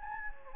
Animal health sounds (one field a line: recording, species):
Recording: mosquito wingbeat signal from an infrared sensor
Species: Anopheles gambiae